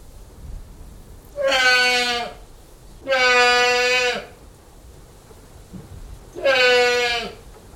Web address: old english goat interior bleating occasional wind noise